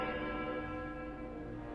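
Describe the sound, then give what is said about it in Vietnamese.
An antique Western-style clock in the corner of a house chimes at night, a sustained bell-like tone with layered steady harmonics that slowly fade. No voices are present. “Tiếng cái đồng hồ tây cổ vang lên trong góc nhà.”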